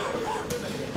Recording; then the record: coughing mixed with background sound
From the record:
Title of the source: Spring Cold Coughing 2